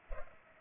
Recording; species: mosquito wingbeat signal from an infrared sensor; Culex pipiens